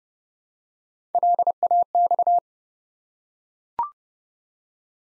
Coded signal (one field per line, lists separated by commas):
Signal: Morse code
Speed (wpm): 30 wpm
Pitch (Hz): 700 Hz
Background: none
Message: LAX